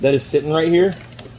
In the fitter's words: So you're going to push in on that black piece. You'll hear it make a snapping noise, and that's it getting released,